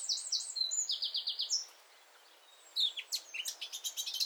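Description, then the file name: Eurasian blackcap giving a quick series of high, downslurred whistled notes, a short silence, then a burst of scratchy chattering. "Sylvia atricapilla"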